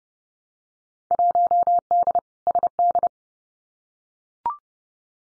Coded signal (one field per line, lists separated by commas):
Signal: Morse code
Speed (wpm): 30 wpm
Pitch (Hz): 700 Hz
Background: none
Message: 1D SD